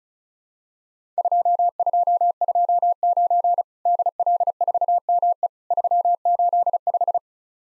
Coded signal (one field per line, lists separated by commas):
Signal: Morse code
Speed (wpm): 34 wpm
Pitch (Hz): 700 Hz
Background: none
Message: 2229 DL4ME 385